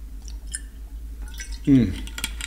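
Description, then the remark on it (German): Soft, wet sipping and dripping sounds of crystal-clear water being drunk, with a louder, brief gulp-like swallow partway through, followed by a few faint liquid clicks over a low steady hum. “Für mich gibt es hier nur noch kristallklares Wasser.”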